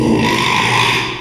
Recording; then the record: squeal of a Yucatan mini pig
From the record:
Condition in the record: after surgery on the right vocal fold (resection and tissue-engineered implant); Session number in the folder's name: 1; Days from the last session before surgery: 6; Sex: male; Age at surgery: 12 weeks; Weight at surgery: 13 kg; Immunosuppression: cyclosporine, prednisolone